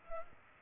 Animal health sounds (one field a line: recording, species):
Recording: mosquito wingbeat signal from an infrared sensor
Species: Culex pipiens